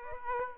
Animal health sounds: mosquito wingbeat signal from an infrared sensor; Aedes aegypti

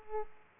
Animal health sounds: mosquito wingbeat signal from an infrared sensor; Aedes aegypti

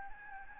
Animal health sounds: mosquito wingbeat signal from an infrared sensor; Aedes albopictus

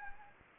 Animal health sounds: mosquito wingbeat signal from an infrared sensor; Anopheles gambiae

